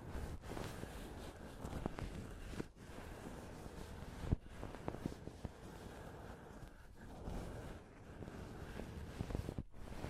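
Close-up mic scratching and touching fills the clip as a dense, continuous rough rustle, mostly low and mid in tone. Brief dropouts break it around 0.5, 2.7, 4.3 and 9.6 seconds, with a sharp knock near 4.3 seconds.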